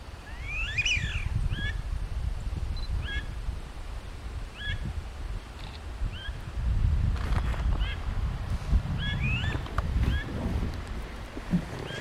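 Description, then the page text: Chiloe wigeon whistled calls: short, sharp two-part whistles repeated at irregular intervals over low rumbling background noise. Wild adult male, recorded 21 January 2010 on the Chubut River, lower Chubut valley, Chubut, Argentina. "Pato Overo (Mareca sibilatrix). Santiago Sainz-trápaga"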